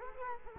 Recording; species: mosquito wingbeat signal from an infrared sensor; Culex quinquefasciatus